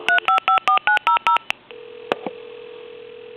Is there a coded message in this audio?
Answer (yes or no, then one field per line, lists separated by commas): yes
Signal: DTMF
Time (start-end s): 0.1-1.4 s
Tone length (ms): 110 ms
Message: 3554900